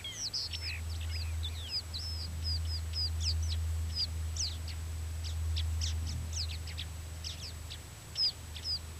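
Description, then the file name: Mongolian lark song, a run of short, sharp high notes and quick whistled slurs, loosely spaced, with a constant low hum underneath. Male song with other males singing in the background. "Melanocorypha mongolica song background-other-male"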